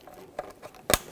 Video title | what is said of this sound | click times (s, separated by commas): How to Replace Headlight Assemblies 2001-2004 Toyota Tacoma | Once that connector clicks, line it up. | 0.9 s